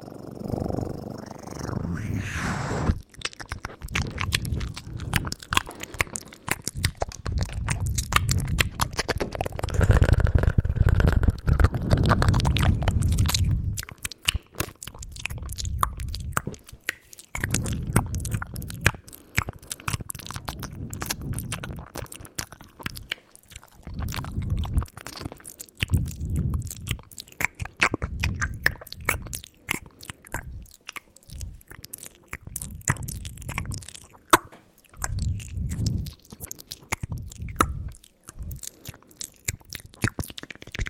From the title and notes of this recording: ASMR extremly sensitive cupped mouth sounds ( wet & dry ).